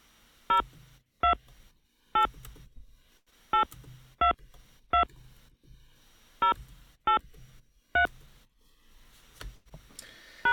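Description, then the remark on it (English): A series of telephone keypad touch tones as a 10-digit phone number is entered and the caller tries to press pound, short dual-pitched beeps in uneven clusters of two or three, each press loud and crisp against a faint low background hum. “Because I was trying to hit pound.”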